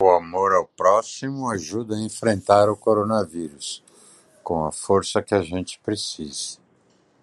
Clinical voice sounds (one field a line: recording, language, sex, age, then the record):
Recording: spoken sentence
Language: Brazilian Portuguese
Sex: male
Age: 60 to 69 years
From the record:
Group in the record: control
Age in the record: 65 years